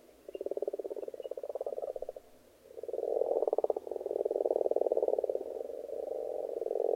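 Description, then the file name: Frogs croaking in a dense rattling chorus, a short pause after two seconds, then a louder continuous swell of rapid pulsed croaks. Frogs in a pond. "benboncan frogs-in-a-pond"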